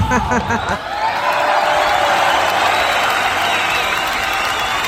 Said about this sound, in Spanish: Dale, hay unos aplausos enlatados porque esto es un notición. Aplausos enlatados, enlatados, aplausos enlatados.